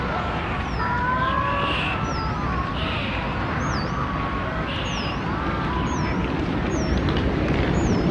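Dolphin whistles, several wavering and looping tones, some rising and falling, repeated over a steady hiss.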